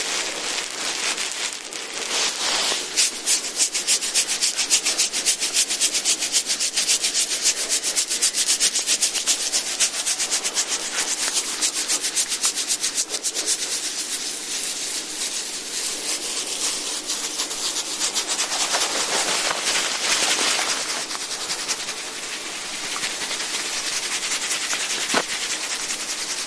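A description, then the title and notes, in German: Massage instruments make a dense, steady rubbing and scraping sound, bright and hissy with little low end. Fast, tightly packed strokes run throughout, easing briefly around 2–3 seconds and again near 20 seconds before resuming at a similar level. Sanfte Massageklänge. Klänge der Massageinstrumente.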